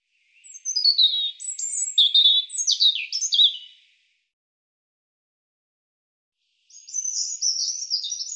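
European robin song: a high warbling phrase of sliding whistles and short trills lasting about three and a half seconds, then silence before a second thin phrase begins.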